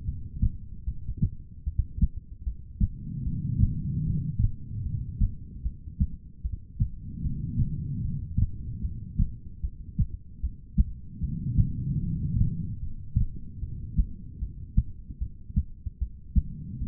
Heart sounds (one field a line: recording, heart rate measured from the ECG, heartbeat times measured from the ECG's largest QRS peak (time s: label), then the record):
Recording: heart sounds by stethoscope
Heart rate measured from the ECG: 75 bpm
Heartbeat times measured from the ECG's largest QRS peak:
0.05 s: heartbeat
0.84 s: heartbeat
1.64 s: heartbeat
2.44 s: heartbeat
3.23 s: heartbeat
4.03 s: heartbeat
4.83 s: heartbeat
5.62 s: heartbeat
6.42 s: heartbeat
7.22 s: heartbeat
8.02 s: heartbeat
8.81 s: heartbeat
9.61 s: heartbeat
10.41 s: heartbeat
11.20 s: heartbeat
12.00 s: heartbeat
12.80 s: heartbeat
13.60 s: heartbeat
14.39 s: heartbeat
15.19 s: heartbeat
15.98 s: heartbeat
16.78 s: heartbeat
From the record:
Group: heart failure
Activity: rest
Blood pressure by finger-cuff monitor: 102/75 mmHg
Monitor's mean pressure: 86 mmHg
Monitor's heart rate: 75 bpm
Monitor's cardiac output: 4.6 L/min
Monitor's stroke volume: 60 mL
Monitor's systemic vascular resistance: 1390 dyn s/cm5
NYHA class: 2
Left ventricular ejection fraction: 58%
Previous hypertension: present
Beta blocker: bisoprolol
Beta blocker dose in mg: 5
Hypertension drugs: ramipril, spironolactone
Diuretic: furosemide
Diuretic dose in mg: 160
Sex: female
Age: 55 years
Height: 155 cm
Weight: 67 kg